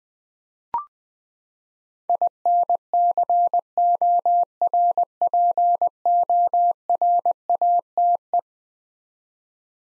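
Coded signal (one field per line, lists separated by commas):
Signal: Morse code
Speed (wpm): 20 wpm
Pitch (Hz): 700 Hz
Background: none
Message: INCORPORATE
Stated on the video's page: Morse head-copy drill of eleven-letter words at 20 wpm, each word sent twice.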